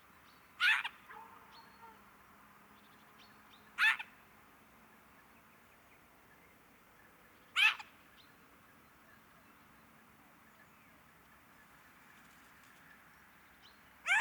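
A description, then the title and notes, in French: A Eurasian jay gives four loud, harsh screeches, each short and rasping, at uneven intervals of about three to six seconds. Between them there is only a quiet, low background murmur and a few faint chirps. Invasion de geais. Octobre 2019. Depuis deux mois une population de Geai des chênes (Garrulus glandarius) du nord de l'Europe arrive dans tout le pays.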